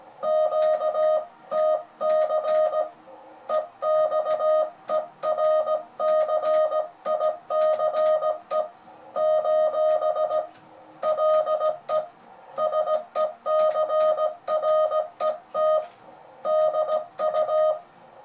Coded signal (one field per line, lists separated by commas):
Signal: Morse code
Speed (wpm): 17 wpm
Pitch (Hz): 620 Hz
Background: music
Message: QTC EXERCICE : LE SECRET DU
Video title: cours de morse pour débutants chaque mardi